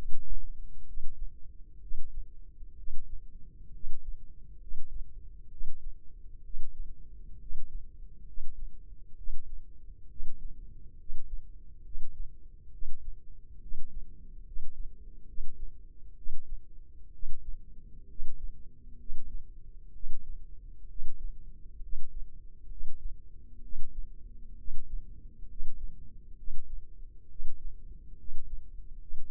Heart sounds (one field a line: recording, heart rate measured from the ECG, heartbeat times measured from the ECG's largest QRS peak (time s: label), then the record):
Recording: heart sounds by microphone in the left ear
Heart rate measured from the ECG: 66 bpm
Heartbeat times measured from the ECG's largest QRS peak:
0.86 s: heartbeat
1.81 s: heartbeat
2.77 s: heartbeat
3.73 s: heartbeat
4.60 s: heartbeat
5.50 s: heartbeat
6.43 s: heartbeat
7.40 s: heartbeat
8.26 s: heartbeat
9.17 s: heartbeat
10.09 s: heartbeat
10.98 s: heartbeat
11.84 s: heartbeat
12.72 s: heartbeat
13.61 s: heartbeat
14.45 s: heartbeat
15.27 s: heartbeat
16.16 s: heartbeat
17.13 s: heartbeat
18.09 s: heartbeat
18.99 s: heartbeat
19.93 s: heartbeat
20.88 s: heartbeat
21.82 s: heartbeat
22.70 s: heartbeat
23.62 s: heartbeat
24.57 s: heartbeat
25.49 s: heartbeat
26.37 s: heartbeat
27.29 s: heartbeat
28.18 s: heartbeat
28.99 s: heartbeat
From the record:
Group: healthy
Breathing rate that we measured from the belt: 17 breaths a minute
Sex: male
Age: 30 years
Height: 188 cm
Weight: 110.2 kg